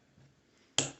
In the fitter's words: line up that Notch and seat it until it clicks get in there